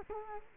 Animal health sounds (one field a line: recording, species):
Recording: mosquito wingbeat signal from an infrared sensor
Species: Culex quinquefasciatus